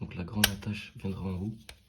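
Someone talks while handling the large plastic mounting clip of a 120 mm fan, which is to be pushed onto the vertical grow-tent pole until it clicks. A brief sharp transient is heard near 0.4 s amid the speech. Nothing has seated or clicked yet.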